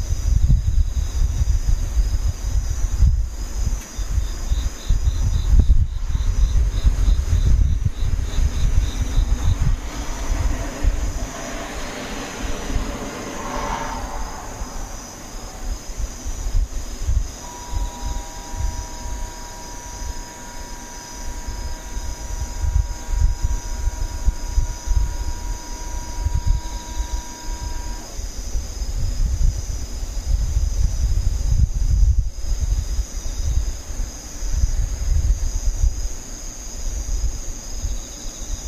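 Insects buzz in a steady, high, shrill chorus that runs the whole time. A low, gusty rumble like wind or traffic sits underneath, a vehicle seems to swell past around ten to fifteen seconds, and a steady mid-pitched hum holds from about seventeen to twenty-eight seconds.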